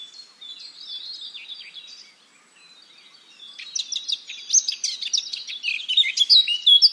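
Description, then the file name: Eurasian blackcap singing, a quick chattering warble that grows louder and richer halfway through, with fluty phrases jumping between high notes. "Sylvia atricapilla"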